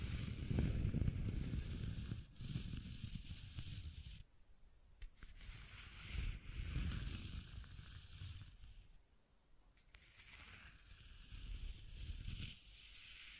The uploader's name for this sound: Scratching and Tracing Sounds